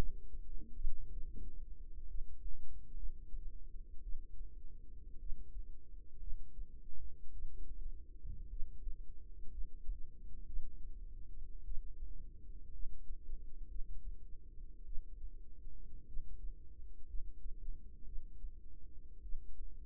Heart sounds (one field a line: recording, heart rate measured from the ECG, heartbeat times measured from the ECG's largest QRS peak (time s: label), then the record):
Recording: heart sounds by microphone in the right ear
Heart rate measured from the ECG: 56 bpm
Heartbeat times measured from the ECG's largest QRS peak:
1.09 s: heartbeat
2.06 s: heartbeat
2.95 s: heartbeat
4.01 s: heartbeat
5.18 s: heartbeat
6.18 s: heartbeat
7.31 s: heartbeat
8.48 s: heartbeat
9.49 s: heartbeat
10.45 s: heartbeat
11.63 s: heartbeat
12.71 s: heartbeat
13.67 s: heartbeat
14.84 s: heartbeat
16.05 s: heartbeat
17.06 s: heartbeat
18.04 s: heartbeat
19.21 s: heartbeat
From the record:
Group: healthy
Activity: rest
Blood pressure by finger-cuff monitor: 93/61 mmHg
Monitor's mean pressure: 71 mmHg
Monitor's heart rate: 56 bpm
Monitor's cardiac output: 4.3 L/min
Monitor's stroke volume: 77 mL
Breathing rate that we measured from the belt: 16 breaths a minute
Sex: female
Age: 36 years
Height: 163 cm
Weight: 88 kg